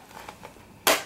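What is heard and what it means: A landing gear worm servo on a Walkera Tali H500 hexacopter is pushed all the way into its landing gear housing. A few faint taps at about 0.2, 0.3 and 0.5 s are followed by a loud, sharp snap at 0.9 s that rings briefly. The servo is seated fully home.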